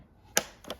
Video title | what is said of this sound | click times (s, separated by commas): 2024+ HONDA CBR/CB 650R INTEGRATED TAILLIGHT + TUCKED MOUNT - INSTALLATION | You should hear a click. | 0.4 s